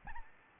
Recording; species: mosquito wingbeat signal from an infrared sensor; Aedes albopictus